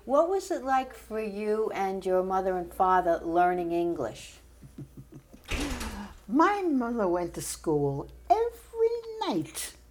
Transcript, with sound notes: What was it like for you and your mother and father, learning English?
[chuckles] My mother went to school every night.